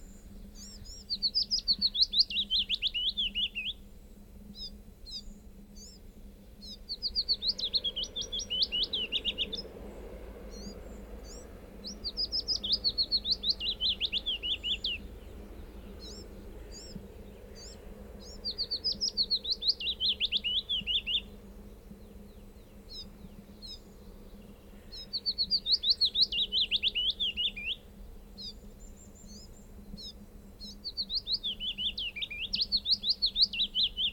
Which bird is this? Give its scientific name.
Phylloscopus trochilus